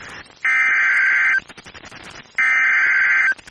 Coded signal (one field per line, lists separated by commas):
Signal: Emergency Alert System (SAME) tones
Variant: header bursts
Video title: EAS #1,719 Online NOAA Weather Radio Severe T’storm Warning #6 1/5/25